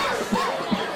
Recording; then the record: coughing mixed with background sound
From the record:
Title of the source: Spring Allergy Coughing